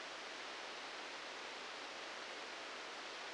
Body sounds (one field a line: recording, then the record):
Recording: brain microelectrode recording played as sound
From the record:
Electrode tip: outside the subthalamic nucleus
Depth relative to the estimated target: 0 mm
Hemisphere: left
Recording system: NeuroSet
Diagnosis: Parkinson's disease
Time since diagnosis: 19 years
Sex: female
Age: 69 years